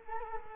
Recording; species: mosquito wingbeat signal from an infrared sensor; Culex quinquefasciatus